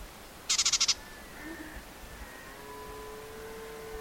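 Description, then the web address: White-throated warbler call: a quick, harsh burst of several rapid clicking pulses, followed by faint tonal notes against a soft hiss. "white throated warbler bird call"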